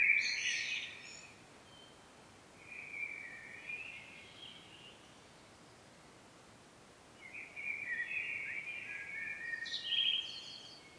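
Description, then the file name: Common blackbird song: three separate mellow phrases with long quiet gaps between, the last ending in a high squeaky twitter, over faint hiss. "Turdus merula"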